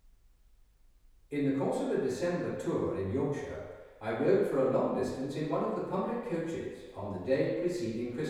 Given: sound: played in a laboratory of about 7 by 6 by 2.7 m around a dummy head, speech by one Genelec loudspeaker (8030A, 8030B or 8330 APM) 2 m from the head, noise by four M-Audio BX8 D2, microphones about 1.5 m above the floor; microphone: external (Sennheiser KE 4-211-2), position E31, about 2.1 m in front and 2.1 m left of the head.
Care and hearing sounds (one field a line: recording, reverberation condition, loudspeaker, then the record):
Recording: male speech in English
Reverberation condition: high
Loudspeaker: 120 degrees to the right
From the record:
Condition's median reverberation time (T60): about 1300 ms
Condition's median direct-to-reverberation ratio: about -4.0 dB